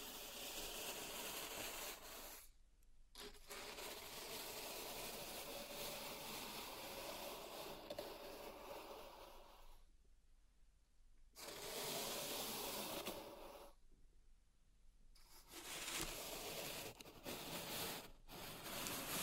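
Pink salt is raked and scratched in a zen garden, a dense, grainy hiss with a bright crunchy edge. Long stretches of continuous scraping break off into short silences, near the 3, 10, 14 and 18 second marks, before the strokes resume.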